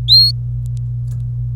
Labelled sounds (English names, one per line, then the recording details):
Domestic Canary song
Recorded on 26 April 2018 at 08:37
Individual llb3